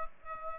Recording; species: mosquito wingbeat signal from an infrared sensor; Aedes aegypti